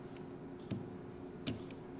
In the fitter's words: so when you put it in you'll notice that it'll snap into place